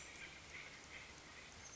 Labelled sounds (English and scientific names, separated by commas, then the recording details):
Oak Titmouse (Baeolophus inornatus)
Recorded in Sonoma County, California